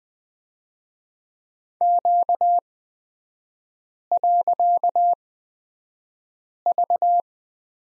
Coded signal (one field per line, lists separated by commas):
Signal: Morse code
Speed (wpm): 20 wpm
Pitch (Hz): 700 Hz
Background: none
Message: Q.V